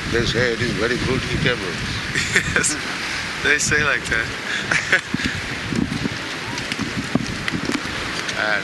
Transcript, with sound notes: They say it is very good eatables.
Yes, [laughing] they say like that.